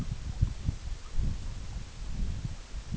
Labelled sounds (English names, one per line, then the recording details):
none
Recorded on Arctic tundra, site EABA-MC, on 21 June 2019
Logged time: 20:00